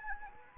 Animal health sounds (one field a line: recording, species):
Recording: mosquito wingbeat signal from an infrared sensor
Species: Anopheles arabiensis